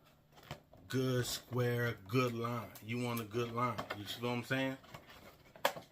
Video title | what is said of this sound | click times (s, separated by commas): Let's Talk Funko Pop Soft Protectors. From .36mm Thin To .7mm Thick. | and Bam it snap into place just like with the ecotex | 5.6 s